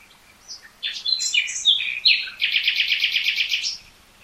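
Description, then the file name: Common nightingale song: a run of varied whistles leading into a fast, even, repeated rattling trill. "Luscinia megarhynchos"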